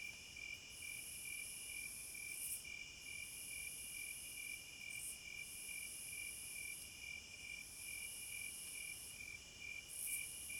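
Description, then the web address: Several crickets calling together, one giving evenly pulsed chirps, another a very high continuous trill with short gaps every two to three seconds. Crickets at midnight. "Sleep Sounds of Nature CRICKETS Midnight Serenade"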